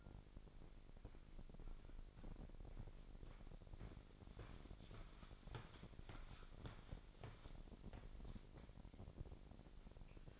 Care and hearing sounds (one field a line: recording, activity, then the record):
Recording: daily activity, microphone in the room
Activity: walk to room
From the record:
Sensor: 5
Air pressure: 1012.3 hPa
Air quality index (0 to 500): 234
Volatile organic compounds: 4 ppm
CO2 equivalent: 1558 ppm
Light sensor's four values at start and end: 57/135/56/59 and 56/128/55/59